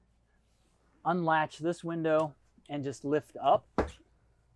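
Someone talks while the window in a 2025 Newmar Bay Star RV is unlatched and lifted open, with its prop latch in the window frame. A short sharp thump sounds at about 3.8 s. The window stay has not yet locked open, and nothing has seated or clicked yet.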